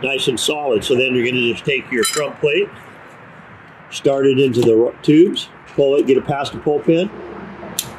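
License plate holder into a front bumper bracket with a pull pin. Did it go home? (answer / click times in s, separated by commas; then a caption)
yes / 7.8 s. Someone talks while a front license plate holder is slid into the tubes of a front bumper bracket on a 2014-2019 C7 Corvette base model, pulling the spring-loaded pull pin to get past it. At 7.8 seconds a sharp click is heard as the pull pin snaps into its hole, locking the plate holder in place.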